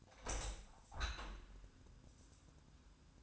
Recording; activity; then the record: daily activity, microphone in the room; open window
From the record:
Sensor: 2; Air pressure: 1000.3 hPa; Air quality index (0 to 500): 139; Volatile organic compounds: 2 ppm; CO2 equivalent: 1159 ppm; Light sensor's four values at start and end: 11/30/11/13 and 11/31/12/14